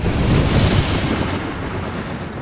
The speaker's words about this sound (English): And there were noises and thunderings and lightning, and there was a great earthquake, such a mighty and great earthquake as had not occurred since men were on the earth.